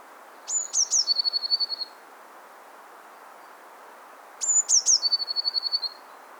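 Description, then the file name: Eurasian blue tit, two song phrases: high thin opening notes and quick downslurs leading into a rapid, tinkling trill, separated by a pause. "Cyanistes caeruleus"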